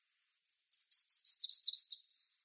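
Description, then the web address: Yellow warbler song: a quick series of high, sweet slurred notes, starting thin and stepping down into a fuller run of downslurred phrases, lasting just under two seconds. "Schulze Peter Yellow Warbler song"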